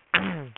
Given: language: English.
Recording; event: throat vibration sensor signal played as sound; throat clearing